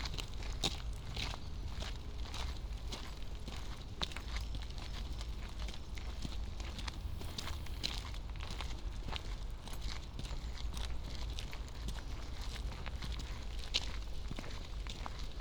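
Footsteps on a path through University Parks, steady and evenly paced, with soft crunching taps roughly every half second for the whole stretch. A constant low rumble sits underneath, and faint scattered sounds come and go in the background.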